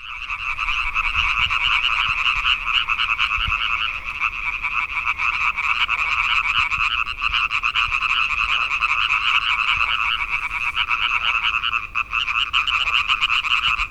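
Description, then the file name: European tree frogs calling in a thick chorus, fast rasping croaks layered together without pause. "Hyla arborea"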